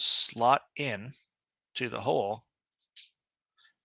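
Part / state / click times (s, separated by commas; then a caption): printed PLA model piece into socket hole of another printed part / seated / 3.0 s. Someone talks while slotting a 3D-printed PLA piece of a Toymakr3d "Atomic Dragon" model into its matching hole in another printed part. A short, sharp click at 3.0 s marks the piece snapping in. It is seated firmly and is almost hard to pull back out.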